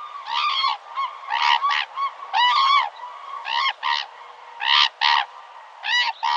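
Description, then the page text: Hooded cranes giving repeated paired honking calls, loud and harmonic, roughly every second. "흑두루미(Hooded Crane) 接寫"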